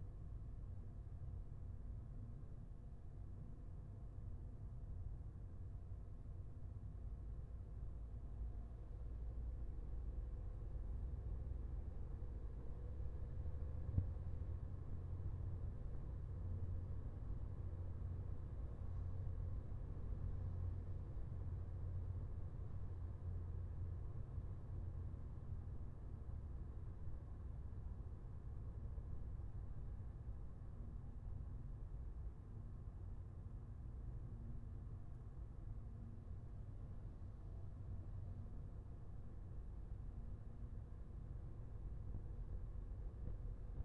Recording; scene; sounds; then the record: everyday scene through a hearing-aid microphone; in a vehicle; engine, highway driving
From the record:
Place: Skoda Fabia, gasoline engine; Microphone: behind the ear, left, front